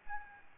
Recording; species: mosquito wingbeat signal from an infrared sensor; Aedes albopictus